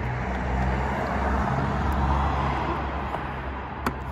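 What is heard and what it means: A hinged plastic cover on the dashboard of a Speedfight 4 scooter, where a phone mount can fit, is swung around and pushed closed against a steady low rumble. A faint tick comes at 3.2 s, then a sharp click at 3.9 s as the cover locks into place.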